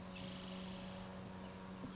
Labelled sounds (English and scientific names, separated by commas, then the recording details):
Spotted Towhee (Pipilo maculatus)
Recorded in Sonoma County, California